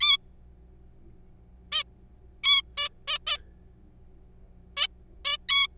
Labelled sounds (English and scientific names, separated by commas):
Zebra Finch (Taeniopygia guttata)